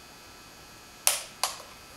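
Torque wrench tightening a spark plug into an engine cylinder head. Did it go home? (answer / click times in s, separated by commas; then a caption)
yes / 1.1 s. A quarter-inch torque wrench tightens a spark plug into the cylinder head of a Chrysler Concorde 3.2L engine, giving a sharp, bright click at 1.1 s as it reaches its set torque, followed by a second, softer snap at 1.4 s over a quiet background. The wrench has clicked at its setting, so the spark plug is properly torqued.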